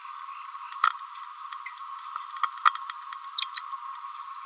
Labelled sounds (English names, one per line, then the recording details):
Green-rumped Parrotlet babbling
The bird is a female
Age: 29 days
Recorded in a nest box in Venezuela
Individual 17B31A3